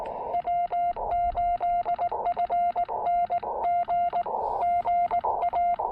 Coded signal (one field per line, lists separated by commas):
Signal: Morse code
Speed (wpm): 19 wpm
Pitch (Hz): 700 Hz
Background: none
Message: W8FNG GA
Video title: New Year's Day POTA: New VK3IL Pressure Paddle, New FT-817/818 Filter, and New TPA-817 Pack Frame!